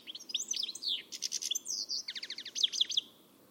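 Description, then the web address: Bird calls as a quick jumble of high slurred whistles, a buzzy burst and a fast series of descending chirps, stopping abruptly before the final half second. "Deverinetal. Bird Only"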